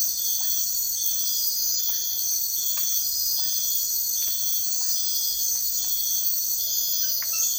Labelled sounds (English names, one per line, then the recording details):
none
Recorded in dense forest near Puerto Asís, Putumayo, Colombia, on 18 February 2024 at 05:00
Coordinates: 0.496, -76.326
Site G6383